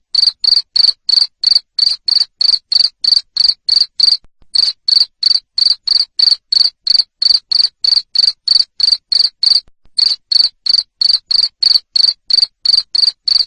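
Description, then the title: Cricket chirping loudly, a steady run of short, high, buzzy chirps about three per second, with brief breaks near four and ten seconds. Loud cricket chirping (jangkrik ngerik) played to stimulate lovebirds into continuous singing (ngekek). "Suara JANGKRIK NGERIK Keras Bikin LOVEBIRD Jadi NGEKEK Terus Vubey"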